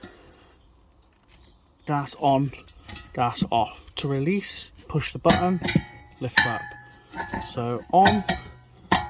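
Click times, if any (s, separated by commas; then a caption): 8.9 s. Someone talks while a clip-on gas regulator is pushed down onto the gas bottle valve in the gas locker. It latches onto the bottle with a sharp click at 8.9 s, seated and ready for the gas to be turned on.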